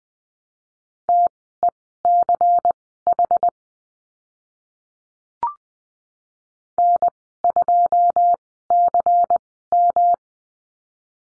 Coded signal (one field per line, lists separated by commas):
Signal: Morse code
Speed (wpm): 20 wpm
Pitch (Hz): 700 Hz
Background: none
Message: TECH N2CM